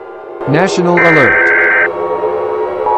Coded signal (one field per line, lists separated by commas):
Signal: Emergency Alert System (SAME) tones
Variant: header bursts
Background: speech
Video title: EAS Scenario: EF6 Tornado For All Of UNITED STATES!